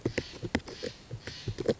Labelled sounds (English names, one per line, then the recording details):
Steller's Jay
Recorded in Sonoma County, California